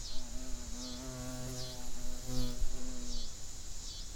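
Coastal scissor grinder cicada song, a high rasping buzz that pulses in swells about once a second, with a low humming drone through the middle.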